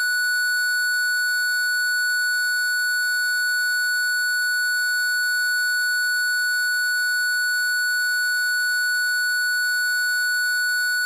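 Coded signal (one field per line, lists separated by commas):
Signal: alarm pattern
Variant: parking sensor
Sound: one steady, unbroken high beep tone lasting about eleven seconds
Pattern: 1 continuous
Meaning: A continuous tone means the object is at the nearest distance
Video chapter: 00:31 sound at the nearest distance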